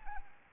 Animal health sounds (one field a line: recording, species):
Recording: mosquito wingbeat signal from an infrared sensor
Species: Anopheles arabiensis